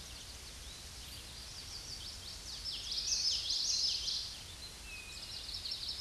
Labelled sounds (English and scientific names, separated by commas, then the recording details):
Common Yellowthroat (Geothlypis trichas) song
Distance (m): 25 m
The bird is about 5 m above the microphone
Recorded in a Pennsylvania forest on 16 May 2024 at 08:25
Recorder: AudioMoth, point MSD-1342
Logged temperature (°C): 15.5 °C
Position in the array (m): 246 m, 171 m